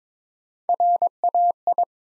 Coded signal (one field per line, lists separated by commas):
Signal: Morse code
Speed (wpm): 22 wpm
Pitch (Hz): 700 Hz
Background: none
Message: RAI